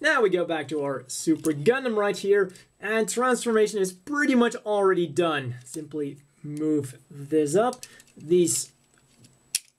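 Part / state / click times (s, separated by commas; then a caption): plastic backpack booster swinging up into its locked position on a model kit / seated / 9.2 s, 9.7 s. Someone talks while raising the plastic booster units on the back of a 1/144 HGUC Super Gundam plastic model kit during its transformation, swinging the backpack boosters up into their locked position. Small sharp clicks follow at 9.3 s and 9.7 s as the boosters click into place, seated by the kit's locking mechanism.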